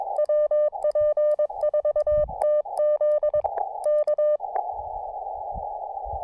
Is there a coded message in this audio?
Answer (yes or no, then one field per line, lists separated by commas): yes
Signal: Morse code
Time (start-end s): 0.2-4.4 s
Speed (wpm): 22 wpm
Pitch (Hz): 600 Hz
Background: none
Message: WP4TZ K